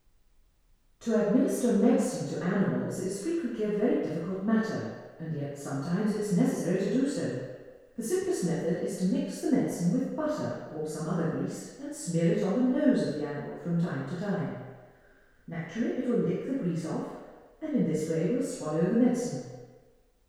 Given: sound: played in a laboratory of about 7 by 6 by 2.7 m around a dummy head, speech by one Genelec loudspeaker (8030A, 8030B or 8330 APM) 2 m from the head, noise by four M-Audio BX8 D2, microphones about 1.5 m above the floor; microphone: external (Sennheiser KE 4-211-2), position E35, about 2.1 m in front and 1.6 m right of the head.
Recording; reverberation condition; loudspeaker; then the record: female speech in English; high; 60 degrees to the right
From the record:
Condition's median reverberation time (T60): about 1300 ms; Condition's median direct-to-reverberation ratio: about -4.0 dB